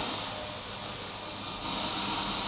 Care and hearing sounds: daily activity, microphone in the room; vacuum cleaning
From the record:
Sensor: 1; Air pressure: 991.8 hPa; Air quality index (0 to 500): 184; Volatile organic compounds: 1000 ppm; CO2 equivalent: 7039 ppm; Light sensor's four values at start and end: 27/94/36/36 and 26/93/35/36

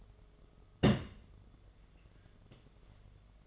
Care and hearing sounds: daily activity, microphone in the room; place on stove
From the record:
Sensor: 4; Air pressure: 1011.2 hPa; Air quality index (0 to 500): 139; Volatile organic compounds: 3 ppm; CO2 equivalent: 1420 ppm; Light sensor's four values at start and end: 218/568/240/251 and 235/613/259/272

